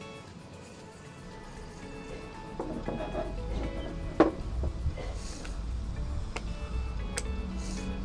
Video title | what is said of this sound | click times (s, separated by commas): Review Soarfly 680 watt - Jet Cleaner Soarfly | Ini udah ngunci nih semuanya keras. | 4.2 s, 6.4 s, 7.2 s